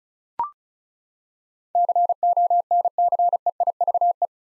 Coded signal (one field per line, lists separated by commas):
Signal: Morse code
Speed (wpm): 36 wpm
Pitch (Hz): 700 Hz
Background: none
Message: CONCEIVE